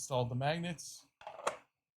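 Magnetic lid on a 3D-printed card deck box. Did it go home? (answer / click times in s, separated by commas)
yes / 1.2 s, 1.5 s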